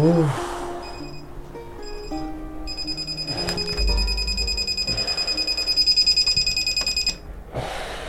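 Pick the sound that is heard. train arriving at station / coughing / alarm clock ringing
alarm clock ringing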